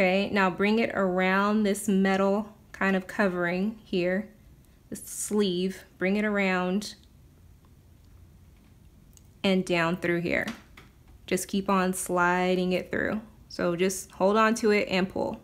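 A part is guided around a metal sleeve and slid down through it, then held and pulled, while someone talks. Only faint handling ticks are heard during a pause, around 7.7 s and 9.2 s. Nothing has seated or clicked yet.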